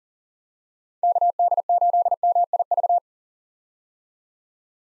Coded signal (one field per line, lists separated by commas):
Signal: Morse code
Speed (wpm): 40 wpm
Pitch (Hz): 700 Hz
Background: none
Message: KD8MIV